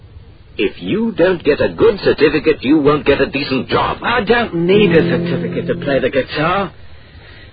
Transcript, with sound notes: If you don't get a good certificate, you won't get a decent job.
(rudely) I don't need a certificate to play the guitar.